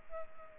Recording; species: mosquito wingbeat signal from an infrared sensor; Culex pipiens